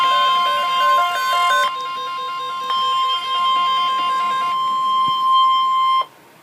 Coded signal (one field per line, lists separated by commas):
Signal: Emergency Alert System (SAME) tones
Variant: 1050 Hz attention tone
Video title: EAS #14: Severe Thunderstorm Watch #386 - June 28, 2013 1:08 PM